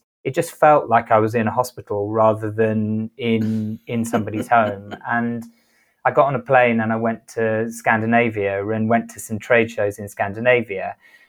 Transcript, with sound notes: and it just felt like I was in a hospital rather than in, in somebody’s home. (laughs).
And I got on a plane, and I went to Scandinavia and went to some trade shows in Scandinavia.